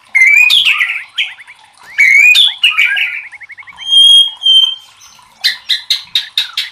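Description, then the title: White-rumped shama song with loud ringing whistles, a fast dry trill, a pure high note repeated twice, then a string of short harsh chips. Used to train cage birds (masteran). "MURAI BATU LABAIK"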